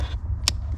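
A screwdriver lifts the taped-over locking clip on the plastic wiring connector of a 124 Spider's accelerator pedal, releasing the plug so it can be pulled free of the pedal sensor socket. Over a steady low hum, a sharp click at 0.5 s marks the clip releasing, followed by a softer, longer rustle at 0.8 s as the connector comes out unplugged.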